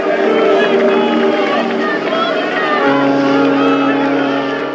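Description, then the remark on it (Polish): A large crowd in St. Peter's Square, Vatican, cheers and shouts after the end of Holy Mass as the Holy Father is bid farewell, many voices blending into a loud, steady roar with clapping mixed in, sustained throughout without pause. “Po zakończeniu mszy świętej rozległy się okrzyki i oklaski.”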